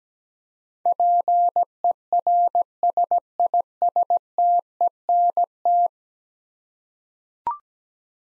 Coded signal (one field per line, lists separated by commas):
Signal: Morse code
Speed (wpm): 17 wpm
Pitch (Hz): 700 Hz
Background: none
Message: PERSISTENT